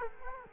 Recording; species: mosquito wingbeat signal from an infrared sensor; Culex quinquefasciatus